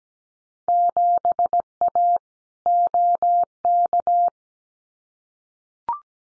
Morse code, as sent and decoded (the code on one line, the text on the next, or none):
--... .- / --- -.-
7A OK